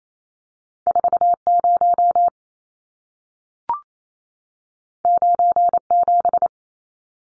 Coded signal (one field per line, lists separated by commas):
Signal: Morse code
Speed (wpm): 28 wpm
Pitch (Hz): 700 Hz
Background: none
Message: 40 97